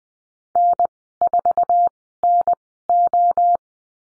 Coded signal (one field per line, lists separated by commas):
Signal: Morse code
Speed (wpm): 20 wpm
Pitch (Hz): 700 Hz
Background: none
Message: N4NO